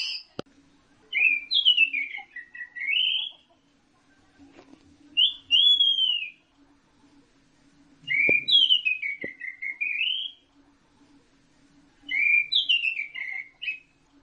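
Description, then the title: Orange-headed thrush song of rich whistled phrases with swooping notes, four phrases separated by pauses, occasional clicks in the background. "Burung Anis Merah"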